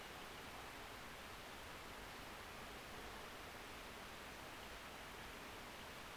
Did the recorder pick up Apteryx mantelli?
no